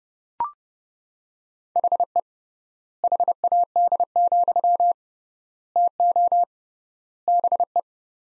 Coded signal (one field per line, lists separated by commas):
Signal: Morse code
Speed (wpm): 30 wpm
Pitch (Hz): 700 Hz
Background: none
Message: HE HAD, TO BE